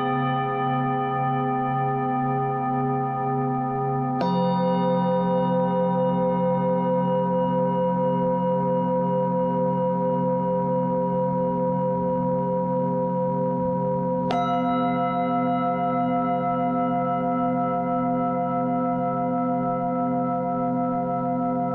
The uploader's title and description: Tibetan Singing Bowls with some Throat singing. Tibetan Singing Bowls music with some kind of kargyraa-style throat singing